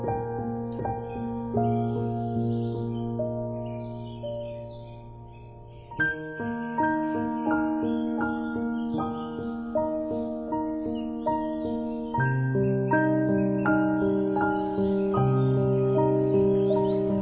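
Soft piano plays slow, gentle chords with single notes ringing over them, the sound fading slightly until a fresh phrase begins at about six seconds. Another swell arrives near twelve seconds, and steady, evenly spaced notes carry through to the end.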